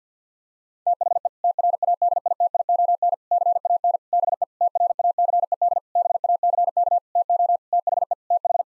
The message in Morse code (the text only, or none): THE TRADITION CAN BE TRACED BACK TO THE TH